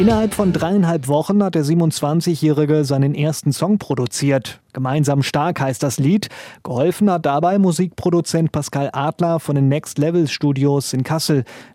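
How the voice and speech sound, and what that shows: Fluent, clear German narration by an adult man with steady pacing and ordinary voice quality; typical speech.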